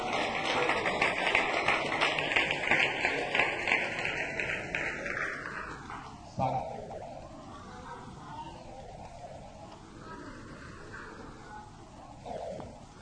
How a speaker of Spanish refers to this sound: Den un aplauso a Cristo y siéntese.